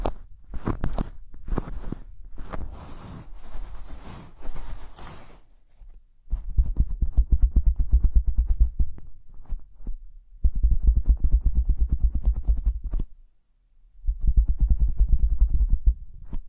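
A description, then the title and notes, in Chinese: Gloves being handled, with rubbing and crinkling. A few sharp knocks open, then a bright hissing swish from about 2.5 to 5.5 seconds. Three dense stretches of rapid rustling with low thumps follow, separated by short silences near 6, 10.5 and 14 seconds. 手套 使用6种不同手套为你耳膜按摩。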